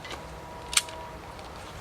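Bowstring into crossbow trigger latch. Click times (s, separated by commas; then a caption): 0.8 s. A 150 lb Chase Star recurve crossbow is cocked by hand, its bowstring pulled back along the tiller until it engages the trigger latch at the back. A single short, sharp click sounds at 0.8 s over a quiet, steady background with faint tonal hum. The string is seated in the latch.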